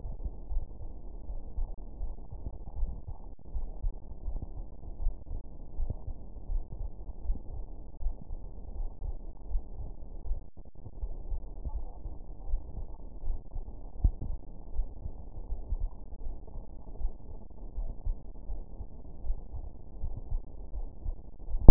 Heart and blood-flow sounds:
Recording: heart sounds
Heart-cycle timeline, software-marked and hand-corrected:
0.00	0.19	systole
0.19	0.25	S2
0.25	0.53	diastole
0.53	0.63	S1
0.63	0.79	systole
0.79	0.91	S2
0.91	1.28	diastole
1.28	1.42	S1
1.42	1.55	systole
1.55	1.64	S2
1.64	2.01	diastole
2.01	2.14	S1
2.14	2.27	systole
2.27	2.38	S2
2.38	2.77	diastole
2.77	2.85	S1
2.85	3.06	systole
3.06	3.17	S2
3.17	3.55	diastole
3.55	3.63	S1
3.63	3.80	systole
3.80	3.90	S2
3.90	4.23	diastole
4.23	4.38	S1
4.38	4.54	systole
4.54	4.64	S2
4.64	4.98	diastole
4.98	5.11	S1
5.11	5.26	systole
5.26	5.36	S2
5.36	5.75	diastole
5.75	5.88	S1
5.88	6.05	systole
6.05	6.19	S2
6.19	6.45	diastole
6.45	6.60	S1
6.60	6.78	systole
6.78	6.91	S2
6.91	7.25	diastole
7.25	7.33	S1
7.33	7.50	systole
7.50	7.58	S2
7.58	8.01	diastole
8.01	8.11	S1
8.11	8.28	systole
8.28	8.36	S2
8.36	8.74	diastole
8.74	8.85	S1
8.85	9.02	systole
9.02	9.10	S2
9.10	9.51	diastole
9.51	9.61	S1
9.61	9.76	systole
9.76	9.85	S2
9.85	10.26	diastole
10.26	10.38	S1
10.38	10.54	systole
10.54	10.67	S2
10.67	11.01	diastole
11.01	11.12	S1
11.12	11.27	systole
11.27	11.39	S2
11.39	11.71	diastole
11.71	11.84	S1
11.84	11.98	systole
11.98	12.11	S2
12.11	12.45	diastole
12.45	12.56	S1
12.56	12.74	systole
12.74	12.83	S2
12.83	13.22	diastole
13.22	13.36	S1
13.36	13.52	systole
13.52	13.61	S2
13.61	14.02	diastole
14.02	14.09	S1
14.09	14.24	systole
14.24	14.34	S2
14.34	14.73	diastole
14.73	14.85	S1
14.85	15.00	systole
15.00	15.10	S2
15.10	15.47	diastole
15.47	15.60	S1
15.60	15.78	systole
15.78	15.87	S2
15.87	16.21	diastole
16.21	16.33	S1
16.33	16.49	systole
16.49	16.60	S2
16.60	17.00	diastole
17.00	17.12	S1
17.12	17.30	systole
17.30	17.41	S2
17.41	17.73	diastole
17.73	17.89	S1
17.89	18.02	systole
18.02	18.12	S2
18.12	18.50	diastole
18.50	18.58	S1
18.58	18.76	systole
18.76	18.88	S2
18.88	19.26	diastole
19.26	19.38	S1
19.38	19.57	systole
19.57	19.67	S2
19.67	19.99	diastole
19.99	20.12	S1
20.12	20.28	systole
20.28	20.40	S2
20.40	20.72	diastole
20.72	20.88	S1
20.88	21.04	systole
21.04	21.17	S2
21.17	21.49	diastole
21.49	21.62	S1
21.62	21.71	systole
From the record:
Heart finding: coronary artery disease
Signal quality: good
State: rest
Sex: female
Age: 60 years

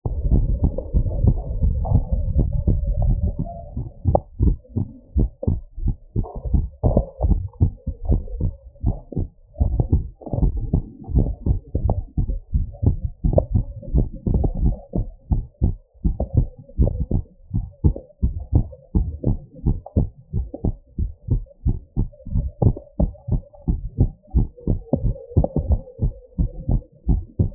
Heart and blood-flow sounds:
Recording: heart sounds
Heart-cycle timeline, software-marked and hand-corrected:
0.00	0.02	S2
0.02	0.28	diastole
0.28	0.46	S1
0.46	0.62	systole
0.62	0.72	S2
0.72	0.94	diastole
0.94	1.08	S1
1.08	1.26	systole
1.26	1.38	S2
1.38	1.60	diastole
1.60	1.74	S1
1.74	1.92	systole
1.92	2.06	S2
2.06	2.34	diastole
2.34	2.50	S1
2.50	2.66	systole
2.66	2.80	S2
2.80	3.02	diastole
3.02	3.18	S1
3.18	3.40	systole
3.40	3.50	S2
3.50	3.76	diastole
3.76	3.86	S1
3.86	4.08	systole
4.08	4.20	S2
4.20	4.42	diastole
4.42	4.56	S1
4.56	4.78	systole
4.78	4.88	S2
4.88	5.16	diastole
5.16	5.28	S1
5.28	5.48	systole
5.48	5.58	S2
5.58	5.82	diastole
5.82	5.94	S1
5.94	6.16	systole
6.16	6.26	S2
6.26	6.52	diastole
6.52	6.68	S1
6.68	6.92	systole
6.92	7.04	S2
7.04	7.24	diastole
7.24	7.40	S1
7.40	7.62	systole
7.62	7.74	S2
7.74	8.06	diastole
8.06	8.20	S1
8.20	8.42	systole
8.42	8.54	S2
8.54	8.84	diastole
8.84	8.96	S1
8.96	9.18	systole
9.18	9.30	S2
9.30	9.60	diastole
9.60	9.72	S1
9.72	9.94	systole
9.94	10.06	S2
10.06	10.38	diastole
10.38	10.52	S1
10.52	10.72	systole
10.72	10.84	S2
10.84	11.14	diastole
11.14	11.28	S1
11.28	11.48	systole
11.48	11.58	S2
11.58	11.82	diastole
11.82	11.96	S1
11.96	12.18	systole
12.18	12.26	S2
12.26	12.54	diastole
12.54	12.66	S1
12.66	12.86	systole
12.86	12.98	S2
12.98	13.26	diastole
13.26	13.38	S1
13.38	13.54	systole
13.54	13.64	S2
13.64	13.92	diastole
13.92	14.06	S1
14.06	14.28	systole
14.28	14.42	S2
14.42	14.62	diastole
14.62	14.76	S1
14.76	14.96	systole
14.96	15.06	S2
15.06	15.32	diastole
15.32	15.42	S1
15.42	15.62	systole
15.62	15.74	S2
15.74	16.04	diastole
16.04	16.16	S1
16.16	16.38	systole
16.38	16.50	S2
16.50	16.80	diastole
16.80	16.92	S1
16.92	17.12	systole
17.12	17.24	S2
17.24	17.54	diastole
17.54	17.64	S1
17.64	17.84	systole
17.84	17.96	S2
17.96	18.22	diastole
18.22	18.34	S1
18.34	18.54	systole
18.54	18.66	S2
18.66	18.96	diastole
18.96	19.08	S1
19.08	19.28	systole
19.28	19.38	S2
19.38	19.66	diastole
19.66	19.78	S1
19.78	19.98	systole
19.98	20.08	S2
20.08	20.36	diastole
20.36	20.46	S1
20.46	20.66	systole
20.66	20.74	S2
20.74	21.00	diastole
21.00	21.10	S1
21.10	21.32	systole
21.32	21.42	S2
21.42	21.66	diastole
21.66	21.76	S1
21.76	21.98	systole
21.98	22.08	S2
22.08	22.34	diastole
22.34	22.46	S1
22.46	22.62	systole
22.62	22.74	S2
22.74	23.00	diastole
23.00	23.10	S1
23.10	23.32	systole
23.32	23.42	S2
23.42	23.68	diastole
23.68	23.80	S1
23.80	24.00	systole
24.00	24.10	S2
24.10	24.36	diastole
24.36	24.48	S1
24.48	24.68	systole
24.68	24.78	S2
24.78	25.02	diastole
25.02	25.14	S1
25.14	25.36	systole
25.36	25.46	S2
25.46	25.68	diastole
25.68	25.80	S1
25.80	26.02	systole
26.02	26.12	S2
26.12	26.38	diastole
26.38	26.48	S1
26.48	26.70	systole
26.70	26.82	S2
26.82	27.08	diastole
27.08	27.22	S1
27.22	27.40	systole
27.40	27.50	S2
27.50	27.55	diastole
From the record:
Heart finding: normal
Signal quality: good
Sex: female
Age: 54 years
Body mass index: 28.9

